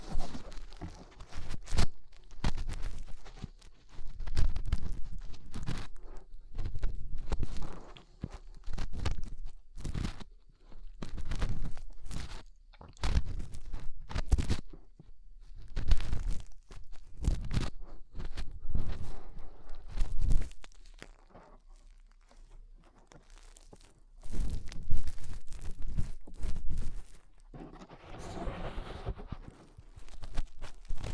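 Fingers rub and scrape inside the ear, making bursts of low, muffled crackling and crunching that come and go every second or two. Loud, busy stretches alternate with brief quiet gaps, notably around 21 to 24 seconds, before the rubbing resumes.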